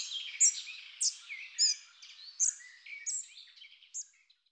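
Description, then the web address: Spotted flycatcher giving several thin, high, sharp call notes with softer chirps between. Recorded in a garden on 16 July 2019. "Gobemouche gris. le jardin de la villa sainte anne"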